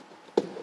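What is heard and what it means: A shelf panel is slid into the grooves of a Quran display stand and pushed down until it sets into place. After a quiet lead-in, a single sharp click sounds at 0.4 s and quickly fades. The panel is seated and confirmed good.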